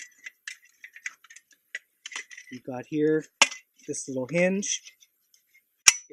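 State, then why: Seated. Someone talks while unfolding the anodized aluminum frame of an Agawa Canyon Boreal 21 folding bow saw, with small light ticks and clicks in the background as the frame is handled. A loud, sharp snap at 5.9 s is the frame hinge locking in place, leaving the saw ready to use.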